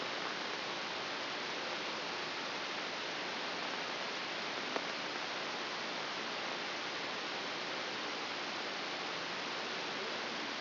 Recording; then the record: brain microelectrode recording played as sound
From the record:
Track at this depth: inside the subthalamic nucleus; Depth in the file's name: 2.035 mm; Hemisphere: left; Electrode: 3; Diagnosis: Parkinson's disease